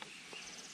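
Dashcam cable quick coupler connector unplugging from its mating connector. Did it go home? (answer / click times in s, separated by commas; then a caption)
released / 0.0 s. Pulling back the sleeve of a quick-coupler cable connector on a Thinkware M1 motorcycle dashcam, installed on a Honda CRF250L, releases it from its mating connector. A short click at 0.0 s marks the separation. The connector comes off, and a steady hiss continues for the rest of the clip.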